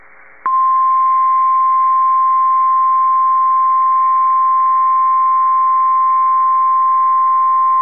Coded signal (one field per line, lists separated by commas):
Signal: Emergency Alert System (SAME) tones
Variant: 1050 Hz attention tone